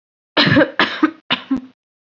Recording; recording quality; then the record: shallow voluntary cough; excellent, no background noise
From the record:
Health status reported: COVID-19 positive, no symptoms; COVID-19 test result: positive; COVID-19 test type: RT-PCR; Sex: female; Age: 25 years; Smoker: no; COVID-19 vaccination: both doses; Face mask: not worn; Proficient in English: yes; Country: India